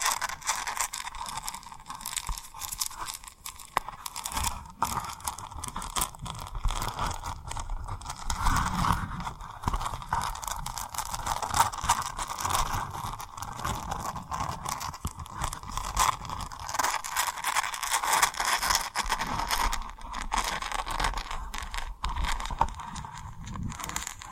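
Continuous tapping and rubbing on a rhinestone-covered surface, with dense, fast scratchy strokes and frequent sharp clicks throughout. The texture is crinkly and bright, with a steady mid-pitched rasp underneath and occasional heavier rubbing swells around the eighth to tenth second.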